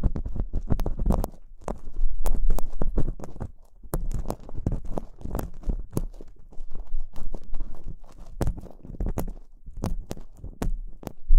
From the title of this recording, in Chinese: 掏耳朵